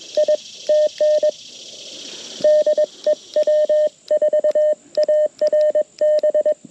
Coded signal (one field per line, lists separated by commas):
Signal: Morse code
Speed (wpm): 21 wpm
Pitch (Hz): 610 Hz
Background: radio noise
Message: IT N DE W4ARB